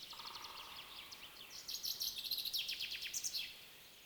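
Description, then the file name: Common chaffinch song: a fast, bright trill of repeated notes that drops in pitch, ending in a short flourish, with faint high chirps before it. "Fringilla coelebs"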